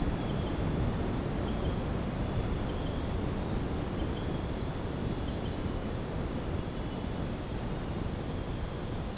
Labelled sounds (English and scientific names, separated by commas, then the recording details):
none
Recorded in secondary vegetation near Puerto Asís, Putumayo, Colombia, on 13 March 2025 at 02:00
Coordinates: 0.481, -76.318
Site G097